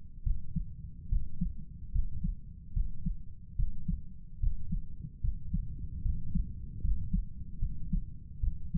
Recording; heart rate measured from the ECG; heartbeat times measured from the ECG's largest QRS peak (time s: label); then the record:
heart sounds by stethoscope; 73 bpm
0.22 s: heartbeat
1.08 s: heartbeat
1.91 s: heartbeat
2.72 s: heartbeat
3.55 s: heartbeat
4.39 s: heartbeat
5.20 s: heartbeat
6.02 s: heartbeat
6.80 s: heartbeat
7.59 s: heartbeat
8.40 s: heartbeat
From the record:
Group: healthy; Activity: rest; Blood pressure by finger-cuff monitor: 102/63 mmHg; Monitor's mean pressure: 72 mmHg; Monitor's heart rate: 72 bpm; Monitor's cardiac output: 6.7 L/min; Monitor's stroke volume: 93 mL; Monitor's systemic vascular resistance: 770 dyn s/cm5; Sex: male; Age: 35 years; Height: 180 cm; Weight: 86.9 kg